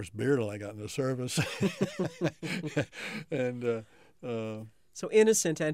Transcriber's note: laughs